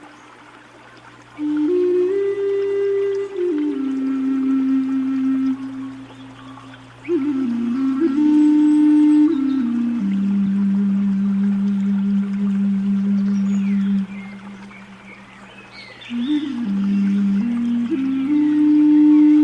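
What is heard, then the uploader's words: Slow, calm music of long held tones that bend and slide between low pitches, sounding almost like whale song, over a steady low hum. The tones swell in around two seconds, shift at seven, fade briefly near fourteen, then return. Calming Music - Nature Sounds, Zen Music.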